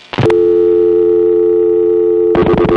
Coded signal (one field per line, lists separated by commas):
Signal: telephone call progress tone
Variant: North America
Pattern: dial tone